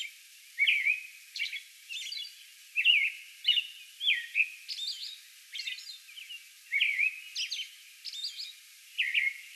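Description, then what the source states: American robin song: warbled whistled phrases, falling and rising, in an even rhythm, with faint high notes mixed in. Song bout recorded on May 11.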